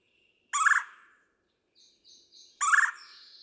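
Red-bellied woodpecker with two loud rattling churr calls, and thin high notes in between.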